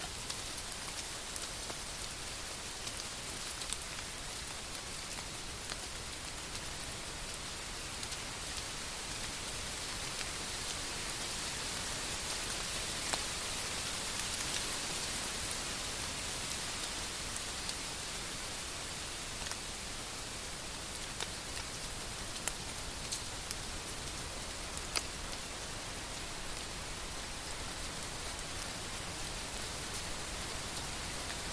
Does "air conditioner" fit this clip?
no